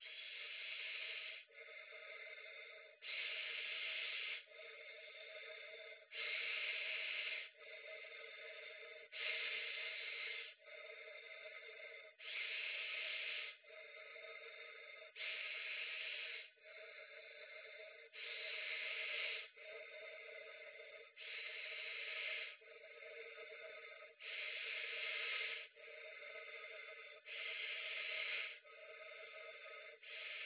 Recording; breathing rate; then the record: paced breathing near a phone; 20 breaths a minute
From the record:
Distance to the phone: 20 cm